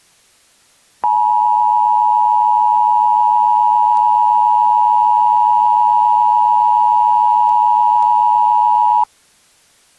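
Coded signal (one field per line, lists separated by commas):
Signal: Emergency Alert System (SAME) tones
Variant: 853 and 960 Hz attention tone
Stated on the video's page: Fictional Emergency Alert System scenario made for entertainment, played very loud.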